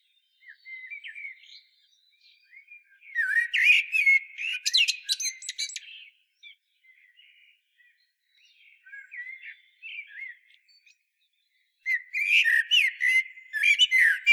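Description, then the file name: Common blackbird song: fluty, warbled whistles in short phrases, each ending in loud, squeaky high twittering, with quieter mellow notes between bursts. "Turdus merula"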